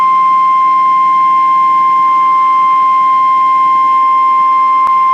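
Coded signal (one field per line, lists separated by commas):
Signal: Emergency Alert System (SAME) tones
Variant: 1050 Hz attention tone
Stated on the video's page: NOAA Weather Radio civil emergency message received from transmitters serving Green Bay and Minneapolis.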